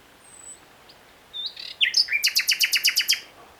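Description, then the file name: Common nightingale singing: a faint high whistle, a few scattered notes, then a rapid, even run of several loud repeated notes. "Luscinia megarhynchos"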